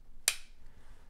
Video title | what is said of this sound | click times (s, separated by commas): How To Use / Shoot a GLOCK Handgun for Beginners! | going to put it in I'm going to slide the magazine all the way up until it clicks now | 0.3 s